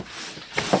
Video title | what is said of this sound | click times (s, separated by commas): Ultra Light Compact Folding Camping Cot ~ Packs In Your Backpack | and pushing it down to snap in place | 0.6 s